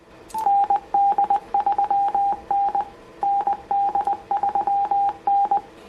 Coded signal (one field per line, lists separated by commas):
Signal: Morse code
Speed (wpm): 20 wpm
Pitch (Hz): 800 Hz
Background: none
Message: ND3N ND3N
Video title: Using the Yaesu FT-710 in the CW Mode - an overview...